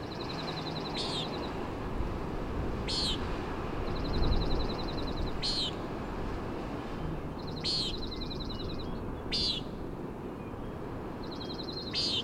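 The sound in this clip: Common nighthawk calling a sharp, nasal peent roughly every two seconds, six times, with a rapid, dry ticking trill between calls; steady wind and ocean rumble beneath.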